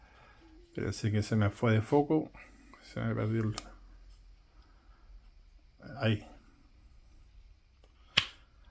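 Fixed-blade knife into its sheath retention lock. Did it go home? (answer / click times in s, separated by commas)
yes / 8.2 s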